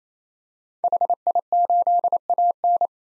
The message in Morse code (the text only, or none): HI8AN